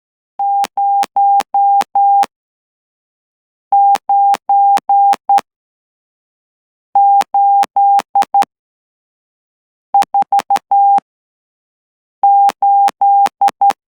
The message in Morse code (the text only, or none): 09848